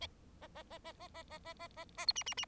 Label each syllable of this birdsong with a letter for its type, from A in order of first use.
A A A A A A A A A A A B C C C